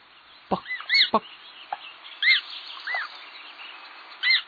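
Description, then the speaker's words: American coot calls: short arched, nasal notes repeated irregularly, with a few sharp clicking bursts among them. Chick and its parent on the water; the adult's call can be heard. "Let's move from forest to water to hear an American coot chick and its parent. Listen for the call of the adult."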